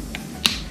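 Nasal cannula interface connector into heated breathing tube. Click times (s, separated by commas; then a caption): 0.5 s. A plastic nasal cannula interface connector for an AIRVO high flow system is lined up and pushed onto the plastic heated breathing tube connector until it latches. A faint tick comes at about 0.1 s, then a sharp, bright click at 0.5 s as the connector seats.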